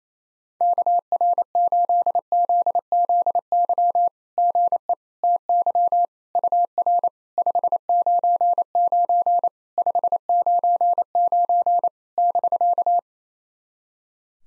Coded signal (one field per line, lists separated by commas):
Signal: Morse code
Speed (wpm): 29 wpm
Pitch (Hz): 700 Hz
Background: none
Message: KR8ZZY GE TY UR 599 599 <BK>